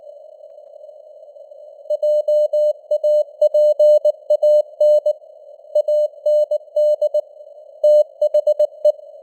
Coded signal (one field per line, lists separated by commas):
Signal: Morse code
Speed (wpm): 19 wpm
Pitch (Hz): 600 Hz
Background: none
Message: JAPAN AND THE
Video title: Morse Code News | 2026-01-15 | 19wpm